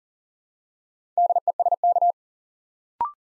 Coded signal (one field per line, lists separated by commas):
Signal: Morse code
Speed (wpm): 42 wpm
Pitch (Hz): 700 Hz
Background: none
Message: DESK